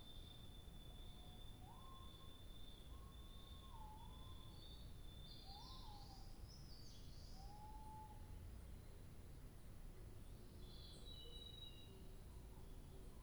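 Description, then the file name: Birds calling: rising and falling mellow whistles, a long thin steady high tone, and short high chirps later, over continuous low background noise. 2 July 2023. "birdsong 20230702"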